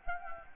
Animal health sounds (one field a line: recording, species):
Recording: mosquito wingbeat signal from an infrared sensor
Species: Anopheles gambiae